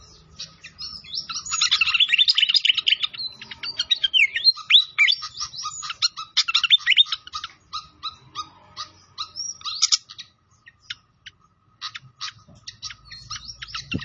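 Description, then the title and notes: Pied fantail song: an energetic rush of chattering high notes and slurred whistles, slowing into spaced sharp chirps. Masteran (training song for cage birds) of clear-voiced song, mixed with the sound of trickling water. "Masteran Sikatan Kipas Suara Jernih Dan Suara Gemericik Air. Suara Burung Sikatan Londo"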